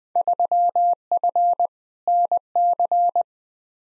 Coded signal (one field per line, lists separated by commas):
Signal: Morse code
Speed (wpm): 20 wpm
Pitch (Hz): 700 Hz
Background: none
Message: 3F NC